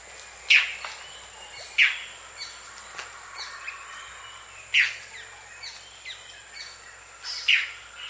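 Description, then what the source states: Saturnine antshrike calls: four sharp, loud notes spaced irregularly about one to three seconds apart, with faint high chips between them. South America.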